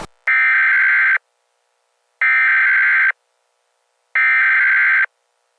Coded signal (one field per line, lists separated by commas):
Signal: Emergency Alert System (SAME) tones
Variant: header bursts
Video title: EAS scenario #4 jimi.exe II the nation is under attack!